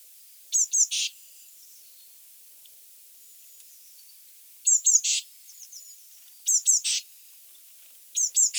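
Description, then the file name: Eurasian blue tit calls, groups of two high notes and a rougher scratchy note, repeated four times with pauses between. "Cyanistes caeruleus"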